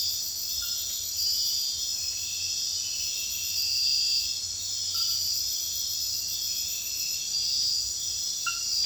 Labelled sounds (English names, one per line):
none